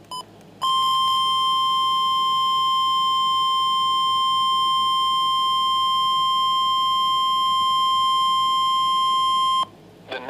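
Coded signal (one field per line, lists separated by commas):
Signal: Emergency Alert System (SAME) tones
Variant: 1050 Hz attention tone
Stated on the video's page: EAS Special Marine Warning.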